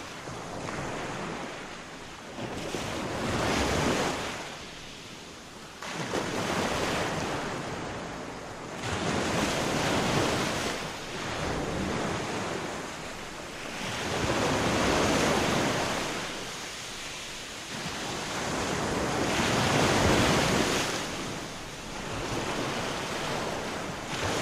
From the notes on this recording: the gentle sounds of water hitting the shores of a beach